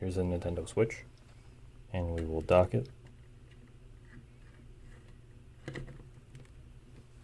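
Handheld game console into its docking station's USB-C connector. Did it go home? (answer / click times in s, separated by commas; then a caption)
yes / 5.7 s, 5.8 s. Someone talks as a Nintendo Switch handheld console is lowered into a rebuilt Aolion charging dock, its USB-C port seating on the dock's connector. Two quick clicks at 5.7 and 5.8 seconds mark it settling into place, followed by a few faint ticks. The console is seated and turns on.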